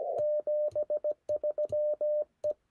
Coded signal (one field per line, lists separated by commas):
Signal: Morse code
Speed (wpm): 17 wpm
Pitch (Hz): 600 Hz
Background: none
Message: 73 E